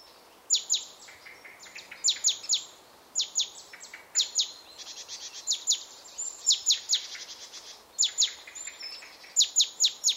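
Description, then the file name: Great tit calls: clusters of harsh, clicking high chatter notes given in rapid groups with short gaps, over a steady low hiss. "Parus major"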